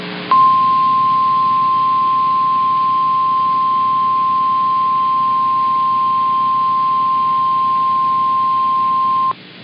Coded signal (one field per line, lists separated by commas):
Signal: Emergency Alert System (SAME) tones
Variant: 1050 Hz attention tone